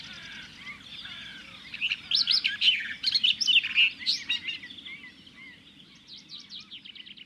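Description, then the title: Barred warbler singing a rapid, scratchy warble of mixed chirps and short trills, rising in intensity before trailing off, with faint background noise. "Viikon luontoääni: Kirjokerttu"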